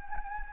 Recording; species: mosquito wingbeat signal from an infrared sensor; Anopheles gambiae